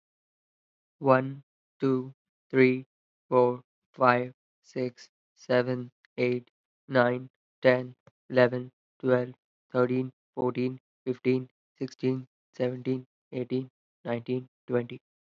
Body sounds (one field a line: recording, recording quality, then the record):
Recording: counting at a normal pace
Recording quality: excellent, no background noise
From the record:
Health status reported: respiratory illness, not identified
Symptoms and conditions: asthma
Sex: male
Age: 22 years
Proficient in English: yes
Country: United States